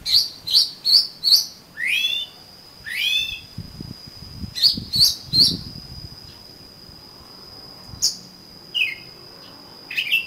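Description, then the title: Oriental magpie-robin singing sharp chip notes and falling whistled slurs in quick series, with a thin constant high tone and a few low thumps in the middle. "Kacer Kacer"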